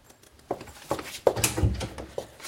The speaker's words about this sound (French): Il faut que je ferme la porte derrière vous.